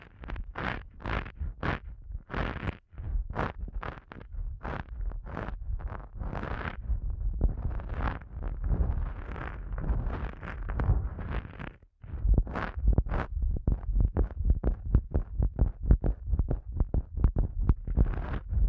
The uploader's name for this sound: ASMR Sensitive Eardrum Massage